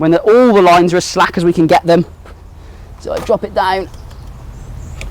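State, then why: Seated. A man talks while lowering the head of a Leifheit rotary clothes dryer down its mast to slacken the lines as much as possible. At 5.0 s a sharp click is heard as the mast's height ratchet catches at its lowest position, seating it there.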